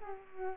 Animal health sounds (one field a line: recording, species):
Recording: mosquito wingbeat signal from an infrared sensor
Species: Culex quinquefasciatus